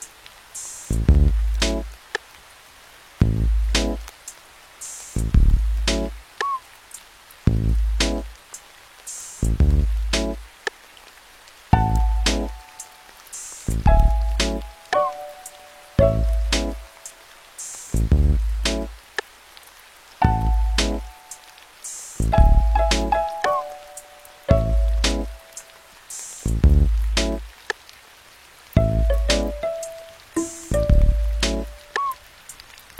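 Music with rain sounds: heavy low thumps land in a steady, slow pattern every second or two, each topped by a crisp click. From about twelve seconds a simple mid-pitched melody of held notes joins in. A soft, even hiss runs underneath throughout.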